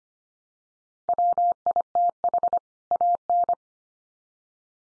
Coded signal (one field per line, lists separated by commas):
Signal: Morse code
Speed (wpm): 25 wpm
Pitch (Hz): 700 Hz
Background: none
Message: WITH AN